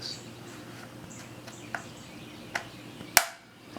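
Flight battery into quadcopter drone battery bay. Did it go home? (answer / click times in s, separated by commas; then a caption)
yes / 3.2 s. A genuine DJI flight battery is pushed into the battery bay of a Phantom 3 quadcopter drone over a steady low hum. Two small ticks at 1.8 s and 2.6 s lead up to a loud, sharp snap at 3.2 s as the battery latches fully seated.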